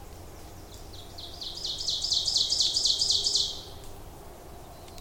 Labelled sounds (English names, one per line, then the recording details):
Ovenbird song
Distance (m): 20 m
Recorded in boreal forest in Alberta, Canada, on 26 May 2016 at 07:16
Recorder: SongMeter 3, array SBT-3-15
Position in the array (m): 41 m, 274 m
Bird 20